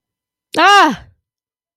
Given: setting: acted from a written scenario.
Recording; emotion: vocal sound without words; fear